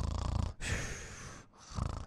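Imitated deep, rattling snores with a hissing breath between, mimicking the snoring of people whose weak tongue falls back in the mouth, an apnea-type snore in which snoring stops and breathing ceases.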